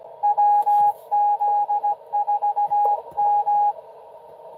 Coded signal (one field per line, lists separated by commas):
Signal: Morse code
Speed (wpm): 17 wpm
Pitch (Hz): 820 Hz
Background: radio noise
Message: WZ4M